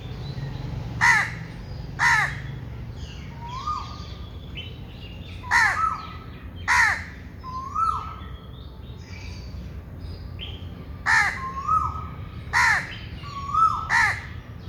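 Harsh bird caws in pairs and triplets, with a clear whistled note that holds level and then slides down between them. A low background hum runs throughout.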